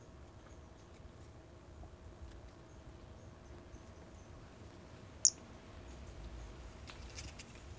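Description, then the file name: Brachycephalus albolineatus call: one brief, bright, high chirp standing out from soft background hiss and faint ticking. Recorded 4 February 2016. "Brachycephalus albolineatus 160204"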